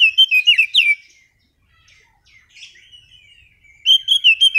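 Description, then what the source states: Oriental magpie-robin song: a second of rapid bright whistles, a quiet gap with faint chatter, then the loud quick whistled phrase returns near the end. Master song used as a lure to trigger a magpie-robin that has stopped singing.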